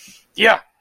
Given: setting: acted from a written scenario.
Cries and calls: vocal sound without words; triumph

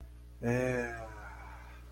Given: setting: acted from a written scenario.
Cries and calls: vocal sound without words; romantic love

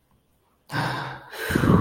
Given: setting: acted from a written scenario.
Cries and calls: vocal sound without words; relief

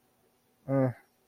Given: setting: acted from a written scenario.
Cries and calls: vocal sound without words; neutral

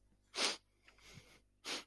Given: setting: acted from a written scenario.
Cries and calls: vocal sound without words; sadness

